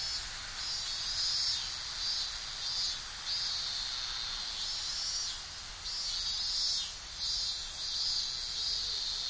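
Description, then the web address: Cicadas in a steady shrill buzzing chorus, swelling and fading in repeated pulses over a constant high hiss. Summer insect ambience in Tokyo, stereo. "Sound Effects-Foundation 1 AMBIENCE TOKYO SUMMER INSECTS CICADAS"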